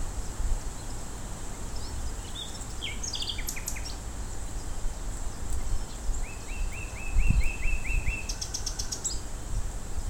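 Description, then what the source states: Common nightingale song: jumbled chirps, then about nine evenly repeated notes in a quick series, ending in a dry high rattle, with low rumble throughout. Recorded at Fort Vechten on 1 May 2026.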